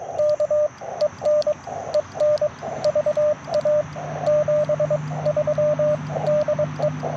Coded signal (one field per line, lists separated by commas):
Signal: Morse code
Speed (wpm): 17 wpm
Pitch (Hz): 590 Hz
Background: radio noise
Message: K EN EN VA 73 DE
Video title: Morning Morse Code - 06/17/2025